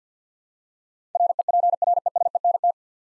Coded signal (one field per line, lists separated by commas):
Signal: Morse code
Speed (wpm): 50 wpm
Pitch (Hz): 700 Hz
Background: none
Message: REPRESENT